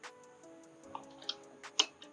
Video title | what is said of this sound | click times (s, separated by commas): What's WRONG with My Modified 4L60E (Part2) | There you go. You'll hear the snap and it falls right in. | 1.8 s